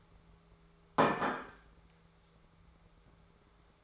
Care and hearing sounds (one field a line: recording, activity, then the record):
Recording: daily activity, microphone in the room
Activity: place plate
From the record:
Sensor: 3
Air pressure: 1015.0 hPa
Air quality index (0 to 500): 209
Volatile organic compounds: 34 ppm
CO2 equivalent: 3049 ppm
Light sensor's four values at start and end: 34/84/36/38 and 34/84/36/38